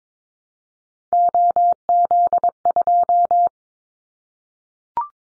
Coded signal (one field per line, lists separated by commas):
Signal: Morse code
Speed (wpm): 22 wpm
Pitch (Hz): 700 Hz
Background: none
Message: OZ2